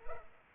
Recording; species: mosquito wingbeat signal from an infrared sensor; Culex pipiens